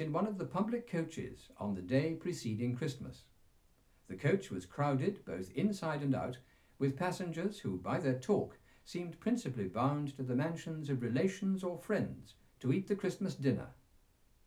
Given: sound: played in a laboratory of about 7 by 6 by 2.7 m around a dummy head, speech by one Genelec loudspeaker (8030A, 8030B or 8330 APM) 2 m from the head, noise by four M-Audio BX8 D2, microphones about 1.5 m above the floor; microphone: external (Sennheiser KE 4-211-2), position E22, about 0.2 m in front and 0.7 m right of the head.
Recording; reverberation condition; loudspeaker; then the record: male speech in English; low; in front (0 degrees)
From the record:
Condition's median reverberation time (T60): about 310 ms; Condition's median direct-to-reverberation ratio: about 3.5 dB